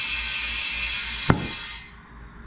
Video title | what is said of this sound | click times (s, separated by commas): Changing Lawnmower Tires | pop into place on the back side | 1.3 s